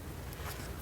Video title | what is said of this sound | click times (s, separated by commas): Manual swap day 3, BCV connections show and tell. Why are so many newer cars turbo charged. - HOWR | plug this in hear that click | 0.3 s